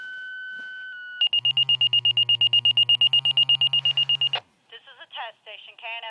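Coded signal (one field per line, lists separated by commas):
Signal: two-tone page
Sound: brief steady paging tones, then about 3 seconds of rapid high beeping, then a voice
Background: hum, voice dispatch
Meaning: Alerts fire/EMS pager holders; here a daily test activation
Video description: Daily pager tones going off. skip to :45 cause they were late on the test.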